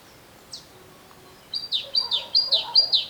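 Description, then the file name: Great tit: one short high note, a pause, then a quick regular series of about seven high, downward-sliding notes. "Parus major"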